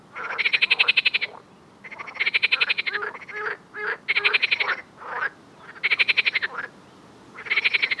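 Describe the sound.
Frogs croaking: loud, rapid pulsed rattles about a second long, alternating with softer grating calls, several bursts in succession.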